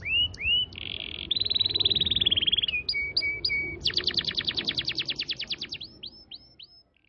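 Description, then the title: Canary song: upward-curving notes and a rapid buzzy trill, then short repeated notes, a fast series of sharp notes and a few curved chirps at the end. Canary song in the cengkok mewah style, a song pattern named in Indonesian. "Cengkok Kenari Mewah. Suara kenari cengkok mewah"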